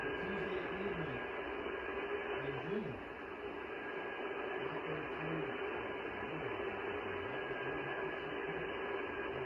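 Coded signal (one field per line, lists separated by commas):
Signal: FT8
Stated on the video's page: FT8 on the 6 meter band before a storm.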